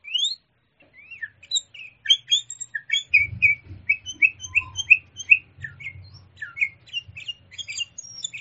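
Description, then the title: Sooty-headed bulbul song opening with a rising whistle, then a stream of quick twittering chirps, over an intermittent low rumbling noise. "kutilang"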